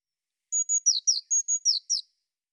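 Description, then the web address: Eurasian blue tit giving a single call phrase: pairs of high, level piping notes alternating with pairs of short descending slurred notes, eight notes in quick succession, with a silent background. "cianscape birddata Deverinetal 2025 File cleaned normalized Bird Cy Ca"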